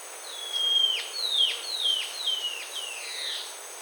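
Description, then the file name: Bird giving a run of about six falling whistled notes, evenly spaced and gradually softer, over steady background hiss. "SABIOD bird"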